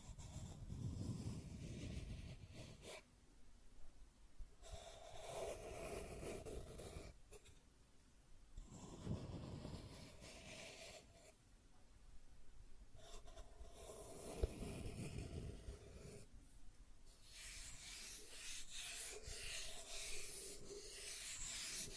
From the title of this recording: Scratching and Tracing Sounds